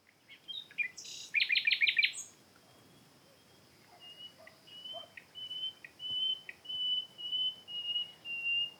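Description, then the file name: Common nightingale: a loud rapid rattling trill, then a slow series of clear whistled notes repeated about twice a second, each slightly falling. "Luscinia megarhynchos"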